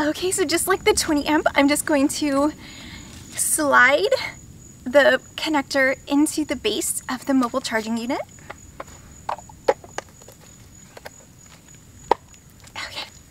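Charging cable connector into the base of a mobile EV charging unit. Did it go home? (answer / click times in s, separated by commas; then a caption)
yes / 12.1 s. Someone talks, then an EV charging cable connector is slid into the base of a mobile EV charging unit, with a few light taps and scrapes. A sharp click at 12.1 s marks the connector seating in place.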